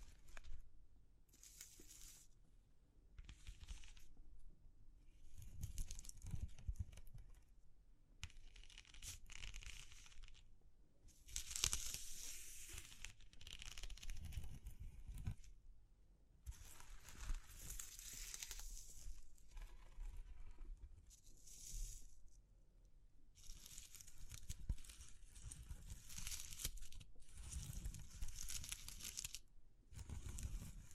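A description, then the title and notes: ASMR texture sounds: bursts of crinkling, crushing and scratching, some brief and some lasting several seconds, separated by short pauses. The sounds are bright and hissy, with soft low thumps from handling underneath. The busiest stretches fall around 11–15 and 17–20 seconds. ASMR Exploring Textures (No Talking).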